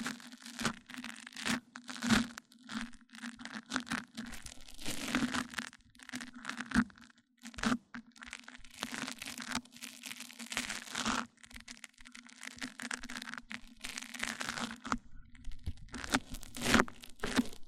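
Microphone-on-microphone triggers: dense crinkling, scratching rubs and sharp cracks come in irregular bursts over a steady low hum, with brief pauses between.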